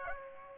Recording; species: mosquito wingbeat signal from an infrared sensor; Aedes aegypti